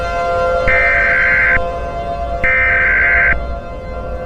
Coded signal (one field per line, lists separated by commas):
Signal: Emergency Alert System (SAME) tones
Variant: header bursts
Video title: EAS Scenario #83: The Irresistible Phenomenon Part 2